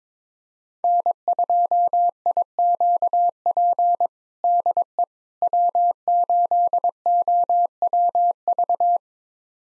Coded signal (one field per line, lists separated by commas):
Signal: Morse code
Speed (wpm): 22 wpm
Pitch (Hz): 700 Hz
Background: none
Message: N2IQP DE W8OWV